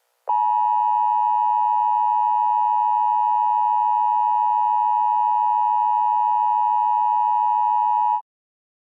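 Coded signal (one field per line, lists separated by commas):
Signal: Emergency Alert System (SAME) tones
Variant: 853 and 960 Hz attention tone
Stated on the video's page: Fictional EAS scenario, not a real alert.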